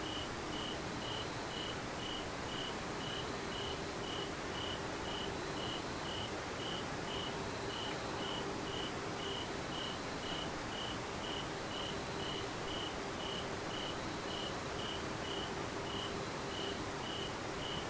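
A steady ambience with a constant hiss of background noise filling the whole clip. Over it, an insect, likely a cricket, chirps in a fast, regular pulse high up, with a fainter lower tone running in short repeating stretches. Nothing changes in loudness throughout.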